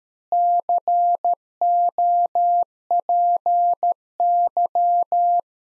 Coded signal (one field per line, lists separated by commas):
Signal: Morse code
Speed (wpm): 13 wpm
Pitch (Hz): 700 Hz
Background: none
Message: COPY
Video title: Practice QSO - Exchange 3- More Info - 13wpm